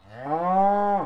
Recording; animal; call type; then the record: contact call of a hoofed animal; cattle; low-frequency (closed-mouth) or high-frequency (open-mouth) call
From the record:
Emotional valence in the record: negative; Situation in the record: full separation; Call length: 1.06 s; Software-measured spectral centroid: 920 Hz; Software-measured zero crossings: 1490 a second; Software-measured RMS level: -23 dBFS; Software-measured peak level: -11 dBFS